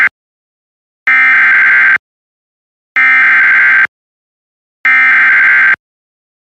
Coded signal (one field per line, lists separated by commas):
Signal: Emergency Alert System (SAME) tones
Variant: header bursts